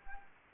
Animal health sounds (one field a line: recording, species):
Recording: mosquito wingbeat signal from an infrared sensor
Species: Anopheles gambiae